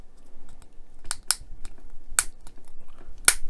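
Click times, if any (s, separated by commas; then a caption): 3.3 s. A plastic arm part for a Fanhome Iron Man MK III model is pulled on and pressed onto the elbow or shoulder assembly, giving several sharp, bright plastic ticks at about 1.1, 1.3 and 2.2 seconds. A final loud snap at 3.3 seconds marks the part seating firmly into place.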